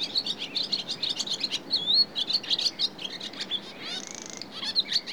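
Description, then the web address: Barn swallow song, a fast high twittering warble of chirps and slurred notes, with a brief dry buzzy rattle near the four-second mark and more chatter after. "The BBC Sound Effects Library - Complete 60 CDs Collection. Swallow (Hirundo Rustica) Song"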